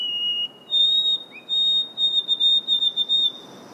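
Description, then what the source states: White-throated sparrow whistling a pure, thin song: a long note, a step up, then several shorter repeated notes on the same high pitch. Song emblematic of summer in the North Woods, in Acadia National Park.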